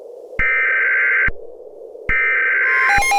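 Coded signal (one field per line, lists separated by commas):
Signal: Emergency Alert System (SAME) tones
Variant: header bursts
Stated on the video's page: Fictional mock EAS alerts for a Michigan severe weather outbreak, made for entertainment.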